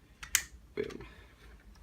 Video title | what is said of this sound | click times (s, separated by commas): Transformers Cybertron/Galaxy Force Supreme Class Primus Review. | to hear him click and boom | 0.2 s, 0.4 s